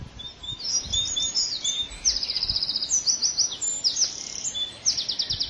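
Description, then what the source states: Eurasian Wren song, a rapid outpouring of very high trills and sharp notes. Song, played back; one of the most common birds in cities, said to have lowered the pitch of its song to be heard by its own species over urban traffic noise.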